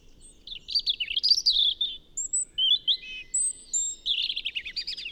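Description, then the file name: European robin song: a rapid run of high, twittering and trilled phrases, wavering up and down, broken by thin, drawn-out whistles before another fast warbled burst. "Erithacus rubecula"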